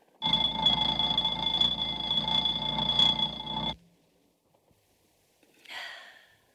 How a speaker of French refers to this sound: Réveillée par une sonnerie perçante, Winnie a commencé sa journée.